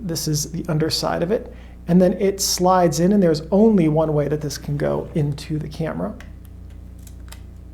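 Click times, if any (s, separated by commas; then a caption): 7.3 s. Someone talks while a plastic battery caddy holding two cells is slid into the battery compartment of a Mamiya ZM 35mm film camera body, followed by a few faint sliding and tapping sounds. The caddy is pushed in until it latches with a sharp click at 7.3 s, seated in place.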